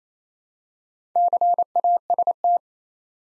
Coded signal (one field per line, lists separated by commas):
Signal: Morse code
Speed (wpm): 28 wpm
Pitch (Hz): 700 Hz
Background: none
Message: CAST